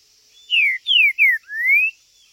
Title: Esse É PERFEITO Para ESQUENTAR Seu TRINCA Piando, Cantando E Macheando Na DISPUTA. O MELHOR VÍDEO de TRINCA FERRO que VOCÊ VERÁ em 2025! Cantando e MACHEANDO!!